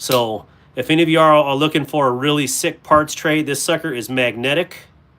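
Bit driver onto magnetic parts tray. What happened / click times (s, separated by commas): No seating click; only talking, nothing has snapped into place yet / none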